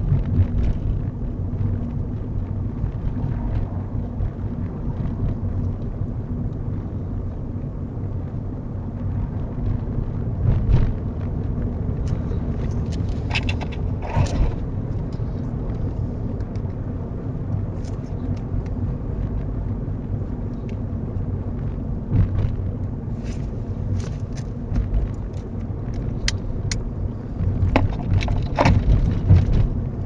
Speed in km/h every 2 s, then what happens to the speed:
35, 37, 37, 39, 40, 42, 44, 44, 44, 42, 40, 42, 42, 40, 42.
0-12 speeds up to 44. 12-30 steady at about 42.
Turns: none.